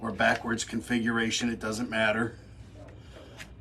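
A Mantis X10 dry-fire training sensor is being handled for mounting on a pistol's Picatinny accessory rail while someone talks for about the first 2.3 seconds. After that, only faint, quiet handling noise with a few soft ticks is heard. The sensor has not yet snapped into place on the rail.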